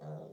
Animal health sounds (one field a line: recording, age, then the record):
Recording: pig call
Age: piglet (1 to 25 days)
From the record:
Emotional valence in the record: negative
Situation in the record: long isolation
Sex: female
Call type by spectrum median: low-frequency call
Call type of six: low-frequency stable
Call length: 0.33 s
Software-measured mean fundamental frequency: 77 Hz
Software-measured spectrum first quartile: 157 Hz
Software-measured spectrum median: 321 Hz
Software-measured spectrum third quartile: 571 Hz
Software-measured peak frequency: 480 Hz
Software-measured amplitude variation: 84 dB a second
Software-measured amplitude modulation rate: 21.2 a second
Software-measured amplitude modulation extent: 4.0 dB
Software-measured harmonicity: 2.1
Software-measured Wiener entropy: 0.04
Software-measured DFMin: 1485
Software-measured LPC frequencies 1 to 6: 594, 3648, 4490, 5648, 6351, 7222 Hz